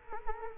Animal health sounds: mosquito wingbeat signal from an infrared sensor; Culex quinquefasciatus

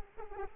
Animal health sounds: mosquito wingbeat signal from an infrared sensor; Anopheles arabiensis

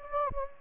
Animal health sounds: mosquito wingbeat signal from an infrared sensor; Anopheles gambiae

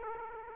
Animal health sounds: mosquito wingbeat signal from an infrared sensor; Aedes aegypti

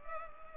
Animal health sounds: mosquito wingbeat signal from an infrared sensor; Culex pipiens

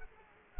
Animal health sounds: mosquito wingbeat signal from an infrared sensor; Culex quinquefasciatus

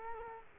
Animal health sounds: mosquito wingbeat signal from an infrared sensor; Culex quinquefasciatus

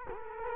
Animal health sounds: mosquito wingbeat signal from an infrared sensor; Culex quinquefasciatus

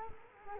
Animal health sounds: mosquito wingbeat signal from an infrared sensor; Culex quinquefasciatus

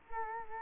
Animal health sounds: mosquito wingbeat signal from an infrared sensor; Culex quinquefasciatus

